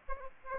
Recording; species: mosquito wingbeat signal from an infrared sensor; Aedes aegypti